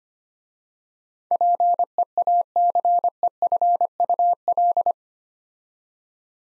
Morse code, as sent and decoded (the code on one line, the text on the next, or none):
.--. . .- -.-. . ..-. ..- .-..
PEACEFUL